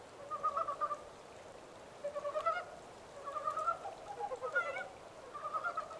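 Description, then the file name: Montane brown frog chorus: several short rattles of pulsed croaks against a soft hiss. 14 April 2010. "yamaakagaeru-20100414"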